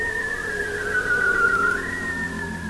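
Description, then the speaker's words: Bearded seal song, a long drawn-out tone that glides slowly downward, then rises again, with several layered harmonics. Probably male song, given underwater in the breeding season to defend territory and attract females; very powerful, audible over 30 km and through the ice from a boat. "lorsque vous êtes sur un bateau ou sur la banquise, vous entendez à travers la glace le chant envoûtant des phoques barbus."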